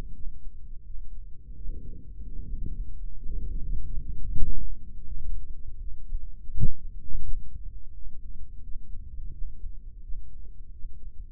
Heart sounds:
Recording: heart sounds by microphone in the right ear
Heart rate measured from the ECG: 85 bpm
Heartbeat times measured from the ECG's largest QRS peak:
0.14 s: heartbeat
0.85 s: heartbeat
1.56 s: heartbeat
2.25 s: heartbeat
2.93 s: heartbeat
3.61 s: heartbeat
4.32 s: heartbeat
5.04 s: heartbeat
5.79 s: heartbeat
6.52 s: heartbeat
7.23 s: heartbeat
7.93 s: heartbeat
8.62 s: heartbeat
9.32 s: heartbeat
10.02 s: heartbeat
10.71 s: heartbeat
From the record:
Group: healthy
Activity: rest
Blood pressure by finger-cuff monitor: 158/84 mmHg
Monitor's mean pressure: 102 mmHg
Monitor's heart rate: 83 bpm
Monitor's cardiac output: 8.3 L/min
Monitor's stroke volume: 98 mL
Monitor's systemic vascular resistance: 920 dyn s/cm5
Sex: male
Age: 57 years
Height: 188 cm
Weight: 106 kg

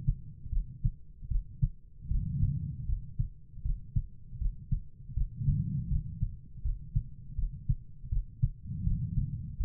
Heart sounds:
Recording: heart sounds by stethoscope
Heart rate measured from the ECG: 79 bpm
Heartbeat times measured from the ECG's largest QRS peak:
0.50 s: heartbeat
1.28 s: heartbeat
2.08 s: heartbeat
2.86 s: heartbeat
3.62 s: heartbeat
4.38 s: heartbeat
5.14 s: heartbeat
5.89 s: heartbeat
6.62 s: heartbeat
7.35 s: heartbeat
8.09 s: heartbeat
8.84 s: heartbeat
9.57 s: heartbeat
From the record:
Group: healthy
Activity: rest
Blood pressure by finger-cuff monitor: 96/55 mmHg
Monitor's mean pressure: 71 mmHg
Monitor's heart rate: 79 bpm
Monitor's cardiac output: 6.8 L/min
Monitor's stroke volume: 88 mL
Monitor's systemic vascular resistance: 780 dyn s/cm5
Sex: female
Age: 43 years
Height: 160 cm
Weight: 90 kg

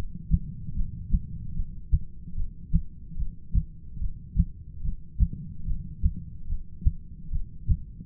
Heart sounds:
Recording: heart sounds by stethoscope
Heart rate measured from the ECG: 73 bpm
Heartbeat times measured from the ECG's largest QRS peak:
0.76 s: heartbeat
1.56 s: heartbeat
2.37 s: heartbeat
3.19 s: heartbeat
4.01 s: heartbeat
4.84 s: heartbeat
5.67 s: heartbeat
6.49 s: heartbeat
7.32 s: heartbeat
From the record:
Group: heart failure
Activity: rest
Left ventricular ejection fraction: 25%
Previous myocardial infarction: absent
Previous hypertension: absent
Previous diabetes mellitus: absent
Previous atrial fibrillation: absent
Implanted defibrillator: absent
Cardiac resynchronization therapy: absent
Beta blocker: metoprolol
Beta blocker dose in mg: 62.5 twice daily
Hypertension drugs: ramipril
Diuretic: furosemide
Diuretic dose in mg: 40 twice daily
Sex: male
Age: 57 years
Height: 180 cm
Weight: 90.5 kg

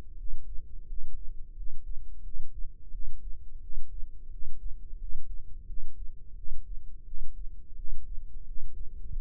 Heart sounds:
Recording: heart sounds by microphone in the left ear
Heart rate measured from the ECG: 87 bpm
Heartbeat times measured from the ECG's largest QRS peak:
0.16 s: heartbeat
0.86 s: heartbeat
1.55 s: heartbeat
2.22 s: heartbeat
2.90 s: heartbeat
3.60 s: heartbeat
4.29 s: heartbeat
4.97 s: heartbeat
5.65 s: heartbeat
6.34 s: heartbeat
7.04 s: heartbeat
7.75 s: heartbeat
8.44 s: heartbeat
9.12 s: heartbeat
From the record:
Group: healthy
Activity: rest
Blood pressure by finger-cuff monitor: 106/75 mmHg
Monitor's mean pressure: 83 mmHg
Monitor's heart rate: 87 bpm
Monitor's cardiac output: 7.1 L/min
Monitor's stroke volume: 82 mL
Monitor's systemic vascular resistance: 840 dyn s/cm5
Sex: male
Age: 19 years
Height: 178 cm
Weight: 83 kg

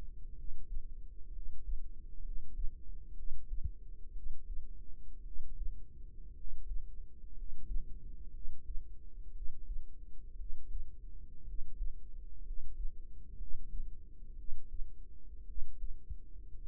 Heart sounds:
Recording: heart sounds by microphone in the right ear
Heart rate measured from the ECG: 59 bpm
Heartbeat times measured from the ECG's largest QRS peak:
0.33 s: heartbeat
1.29 s: heartbeat
2.20 s: heartbeat
3.13 s: heartbeat
4.11 s: heartbeat
5.21 s: heartbeat
6.33 s: heartbeat
7.32 s: heartbeat
8.30 s: heartbeat
9.31 s: heartbeat
10.35 s: heartbeat
11.43 s: heartbeat
12.41 s: heartbeat
13.35 s: heartbeat
14.34 s: heartbeat
15.44 s: heartbeat
16.62 s: heartbeat
From the record:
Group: healthy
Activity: rest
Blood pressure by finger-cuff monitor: 106/56 mmHg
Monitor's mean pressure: 68 mmHg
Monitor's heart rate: 61 bpm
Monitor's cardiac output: 5.2 L/min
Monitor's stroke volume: 88 mL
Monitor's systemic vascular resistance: 890 dyn s/cm5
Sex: male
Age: 25 years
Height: 170 cm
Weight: 70.4 kg

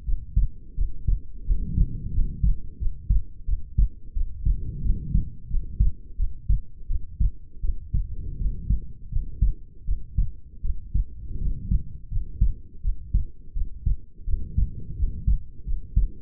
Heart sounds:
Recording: heart sounds by stethoscope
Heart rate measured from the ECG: 85 bpm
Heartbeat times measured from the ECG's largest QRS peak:
0.04 s: heartbeat
0.74 s: heartbeat
1.44 s: heartbeat
2.11 s: heartbeat
2.77 s: heartbeat
3.45 s: heartbeat
4.13 s: heartbeat
4.82 s: heartbeat
5.48 s: heartbeat
6.16 s: heartbeat
6.87 s: heartbeat
7.61 s: heartbeat
8.37 s: heartbeat
9.09 s: heartbeat
9.85 s: heartbeat
10.61 s: heartbeat
11.38 s: heartbeat
12.09 s: heartbeat
12.81 s: heartbeat
13.53 s: heartbeat
14.24 s: heartbeat
14.95 s: heartbeat
15.64 s: heartbeat
From the record:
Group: healthy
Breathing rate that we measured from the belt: 19 breaths a minute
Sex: female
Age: 22 years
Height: 160 cm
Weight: 45 kg

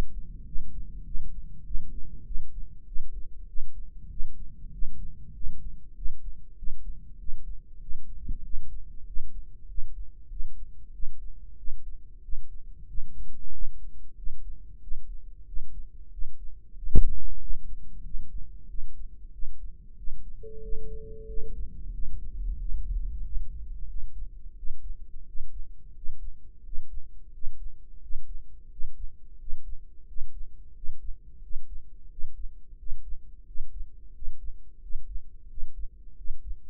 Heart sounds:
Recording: heart sounds by microphone in the right ear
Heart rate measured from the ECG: 92 bpm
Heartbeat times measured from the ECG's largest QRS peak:
0.47 s: heartbeat
1.06 s: heartbeat
1.66 s: heartbeat
2.27 s: heartbeat
2.88 s: heartbeat
3.49 s: heartbeat
4.11 s: heartbeat
4.74 s: heartbeat
5.35 s: heartbeat
5.97 s: heartbeat
6.58 s: heartbeat
7.20 s: heartbeat
7.82 s: heartbeat
8.45 s: heartbeat
9.07 s: heartbeat
9.69 s: heartbeat
10.31 s: heartbeat
10.94 s: heartbeat
11.59 s: heartbeat
12.24 s: heartbeat
12.89 s: heartbeat
13.53 s: heartbeat
14.18 s: heartbeat
14.83 s: heartbeat
15.48 s: heartbeat
16.13 s: heartbeat
16.78 s: heartbeat
17.42 s: heartbeat
18.05 s: heartbeat
18.69 s: heartbeat
19.34 s: heartbeat
19.98 s: heartbeat
20.63 s: heartbeat
21.29 s: heartbeat
21.94 s: heartbeat
22.60 s: heartbeat
23.24 s: heartbeat
23.89 s: heartbeat
24.57 s: heartbeat
25.27 s: heartbeat
25.96 s: heartbeat
26.65 s: heartbeat
27.34 s: heartbeat
28.03 s: heartbeat
28.71 s: heartbeat
29.40 s: heartbeat
30.08 s: heartbeat
30.76 s: heartbeat
31.43 s: heartbeat
32.11 s: heartbeat
32.79 s: heartbeat
33.47 s: heartbeat
34.15 s: heartbeat
34.82 s: heartbeat
35.50 s: heartbeat
36.18 s: heartbeat
From the record:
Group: healthy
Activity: rest 0-21 s, breath hold 21-37 s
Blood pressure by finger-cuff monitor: 131/72 mmHg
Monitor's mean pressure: 89 mmHg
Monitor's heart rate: 93 bpm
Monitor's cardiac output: 8.1 L/min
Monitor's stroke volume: 85 mL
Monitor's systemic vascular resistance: 830 dyn s/cm5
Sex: male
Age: 21 years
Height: 175 cm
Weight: 72.6 kg

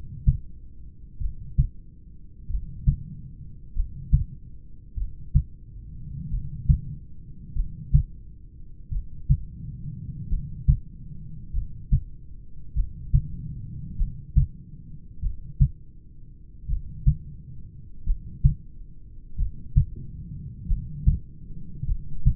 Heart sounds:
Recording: heart sounds by stethoscope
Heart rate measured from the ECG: 46 bpm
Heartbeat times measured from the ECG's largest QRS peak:
1.24 s: heartbeat
2.53 s: heartbeat
3.79 s: heartbeat
5.00 s: heartbeat
6.34 s: heartbeat
7.58 s: heartbeat
8.94 s: heartbeat
10.33 s: heartbeat
11.57 s: heartbeat
12.79 s: heartbeat
14.01 s: heartbeat
15.25 s: heartbeat
16.71 s: heartbeat
18.09 s: heartbeat
19.41 s: heartbeat
20.72 s: heartbeat
21.90 s: heartbeat
From the record:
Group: heart failure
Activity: rest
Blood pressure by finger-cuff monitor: 142/62 mmHg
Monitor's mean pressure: 84 mmHg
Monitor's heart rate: 46 bpm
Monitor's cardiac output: 6.2 L/min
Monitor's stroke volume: 134 mL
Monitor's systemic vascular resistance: 1010 dyn s/cm5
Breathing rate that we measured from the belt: 17 breaths a minute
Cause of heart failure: familial cardiomyopathy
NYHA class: 1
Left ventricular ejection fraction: 49%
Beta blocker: bisoprolol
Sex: male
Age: 31 years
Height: 194 cm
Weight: 96 kg

